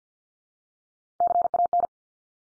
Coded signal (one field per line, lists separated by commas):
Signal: Morse code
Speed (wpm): 48 wpm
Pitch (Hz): 700 Hz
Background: none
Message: CAN